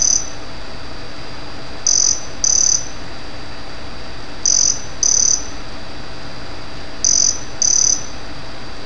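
Cicada song: short, high, flat buzzes in pairs, each pair repeating roughly every two and a half seconds over a steady background hiss and low hum.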